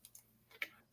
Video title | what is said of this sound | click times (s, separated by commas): Ford Talk Live - Black Friday with Mountains2Metal | uh pops into place here and uh | 0.6 s